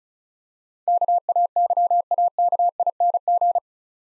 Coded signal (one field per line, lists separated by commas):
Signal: Morse code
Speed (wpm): 35 wpm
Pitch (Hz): 700 Hz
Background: none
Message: KAYAKING